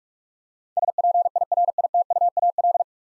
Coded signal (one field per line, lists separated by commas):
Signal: Morse code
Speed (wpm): 44 wpm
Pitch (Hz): 700 Hz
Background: none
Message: SPIRITUAL